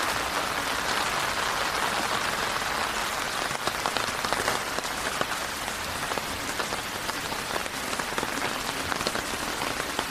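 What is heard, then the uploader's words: Steady rain falls throughout, a dense hiss of drops pattering on surfaces. Brighter individual splats and taps stand out against the constant wash, with a faint low rumble underneath and no break in the downpour across the ten seconds. Long Walk In The Rain Around The Neighborhood.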